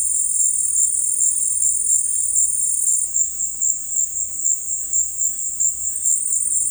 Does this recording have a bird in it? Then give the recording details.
no. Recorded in dense forest near Puerto Asís, Putumayo, Colombia, on 21 February 2024 at 17:30. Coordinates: 0.484, -76.317. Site G6464